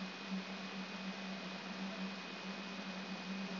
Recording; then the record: brain microelectrode recording played as sound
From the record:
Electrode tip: outside the subthalamic nucleus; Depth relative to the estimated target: -3 mm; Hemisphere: right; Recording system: AlphaMap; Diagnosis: Parkinson's disease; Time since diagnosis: 11 years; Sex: female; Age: 52 years